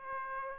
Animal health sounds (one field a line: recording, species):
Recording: mosquito wingbeat signal from an infrared sensor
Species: Aedes aegypti